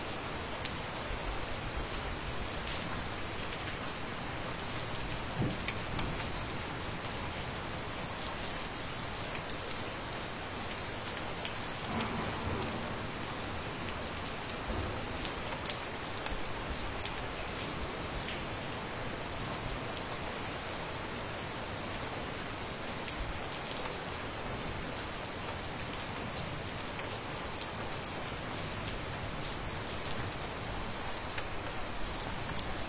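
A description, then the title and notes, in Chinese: Steady, dense rain patters on a cabin roof throughout, a constant hiss with drips and no breaks, wind folded into the wash. 小屋风雨。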